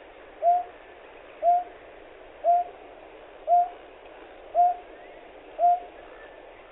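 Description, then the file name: Greater painted-snipe calling a series of six low, hollow hoots, evenly spaced roughly a second apart, with faint hiss behind. Hyogo, 23 June 2007. "tamashigi hyogo kuroda"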